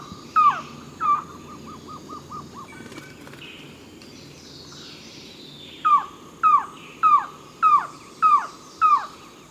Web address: vocalizaciones tro mex